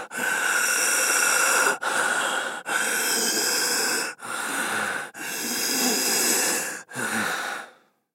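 Six long, back-to-back breath phases, about three full breaths in eight seconds, each carrying a steady, musical whistle over a harsh airy noise. Acted long wheezing breathing, imitating narrowed airways in a man of fifty.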